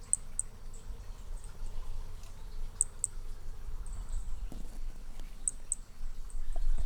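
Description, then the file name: Hermogenes's pumpkin toadlet: brachycephalus hermogenesi calling, very high, thin chirps given in quick pairs, each pair roughly every two and a half seconds, over a low steady background rumble. Individual 1, recorded at Picinguaba on 13 December 2017. "B hermogenesi Picinguaba ind 1 ex 2 tudo 13 dez 2017 MRB"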